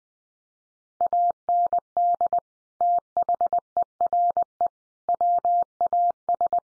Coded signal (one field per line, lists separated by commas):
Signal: Morse code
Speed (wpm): 19 wpm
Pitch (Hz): 700 Hz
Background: none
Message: AND THERE WAS